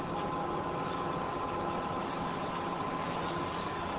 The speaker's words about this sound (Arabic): صوت قطار هذا ولا لا أدري، أشبه بصوت القطار لكن القطار بعيد.